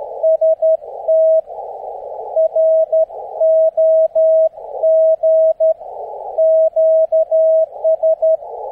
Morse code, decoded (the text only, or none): ST ROG QS